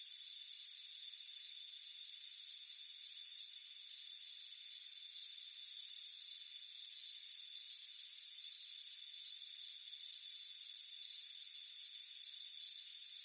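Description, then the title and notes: Crickets chirping in high, pulsed bursts in steady succession, over a steady high-pitched insect drone. Crickets chirping on a front porch on a warm afternoon. "Soothing Crickets Chirping Sound. It's a warm afternoon as you relax in a hammock on the front porch"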